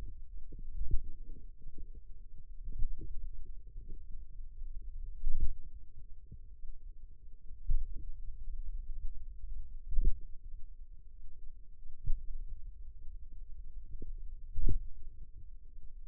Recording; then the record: forearm muscle sounds (acoustic myography)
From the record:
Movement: finger pinch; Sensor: system 2, bracelet of six BSWA MPA416 microphones around the upper forearm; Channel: 6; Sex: female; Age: 22 years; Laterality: right